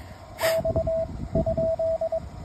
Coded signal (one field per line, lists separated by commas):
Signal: Morse code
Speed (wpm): 22 wpm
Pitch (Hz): 650 Hz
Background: radio noise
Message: X ?